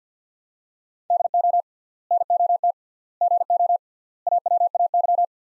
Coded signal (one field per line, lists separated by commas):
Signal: Morse code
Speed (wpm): 49 wpm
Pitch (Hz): 700 Hz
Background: none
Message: DO NOT GO AWAY